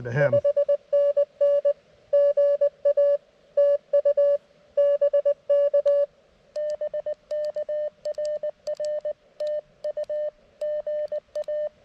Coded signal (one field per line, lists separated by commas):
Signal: Morse code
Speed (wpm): 20 wpm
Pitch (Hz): 590 Hz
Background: speech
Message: 5NN GA TU BK BK RR TU GA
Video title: CW POTA at Oakely Corners State Forest with the CFT-1